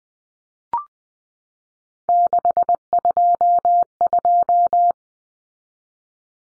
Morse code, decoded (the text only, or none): 622